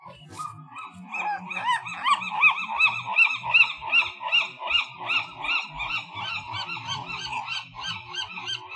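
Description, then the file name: Gull calls, a long rhythmic series of loud nasal yelping notes, rising and falling, repeated about two to three times per second. "Seagulls"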